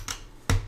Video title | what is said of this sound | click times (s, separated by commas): 💨 Building the BRICKCRAFT Peanuts Joe Cool Set 72263! (Live Action Construction) | So these go right across. So snap into place. | 0.5 s